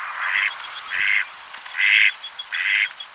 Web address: anas platyrhynchos call